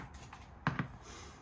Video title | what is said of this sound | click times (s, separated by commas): Replace Bearing Inserts | Just give it a push and you'll hear it snap. | 0.7 s